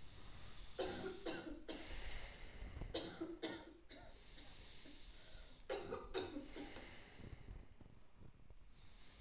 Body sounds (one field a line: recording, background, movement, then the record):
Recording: deep breathing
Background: a bystander coughing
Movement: sitting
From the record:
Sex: male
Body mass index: 21.0 kg/m2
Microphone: on the chest, facing outward